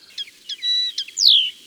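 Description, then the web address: Common linnet song: soft twittering chirps and a held tone, closing with a loud, descending whistled slur. Recorded in May. "Mai La Linotte melodieuse. les-4-saisons-des-chants-doiseaux"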